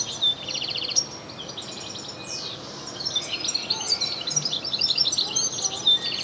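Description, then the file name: European goldfinch calls, bright high twitters and short buzzy trills running almost continuously, with a brief quieter gap in the middle. "Carduelis carduelis"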